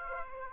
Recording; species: mosquito wingbeat signal from an infrared sensor; Aedes aegypti